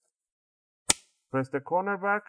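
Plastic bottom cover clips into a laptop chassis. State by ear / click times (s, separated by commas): seated / 0.9 s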